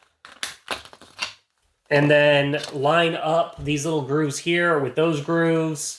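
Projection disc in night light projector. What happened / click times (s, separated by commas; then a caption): The plastic disc popped out of its holder / 0.2 s, 0.4 s. A plastic projection disc (or lens cover) is popped out of a Cenove night light projector to change it, with sharp clicks at 0.3 s and 0.4 s and a few softer handling ticks up to about 1.2 s. The disc comes free, and then someone talks.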